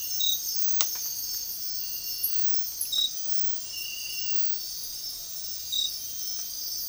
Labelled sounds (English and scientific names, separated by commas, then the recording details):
none
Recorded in dense forest near Puerto Asís, Putumayo, Colombia, on 13 March 2025 at 04:00
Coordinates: 0.503, -76.323
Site GP09